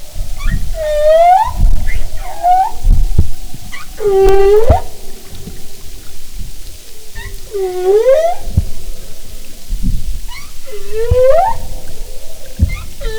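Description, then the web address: Humpback whale calls: deep swooping moans rising at the end, heavily harmonic, repeated at irregular intervals over low rumbling water noise. "Marine Mammals humpback"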